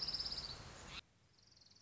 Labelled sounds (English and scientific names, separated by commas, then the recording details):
Orange-crowned Warbler (Leiothlypis celata)
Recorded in Sonoma County, California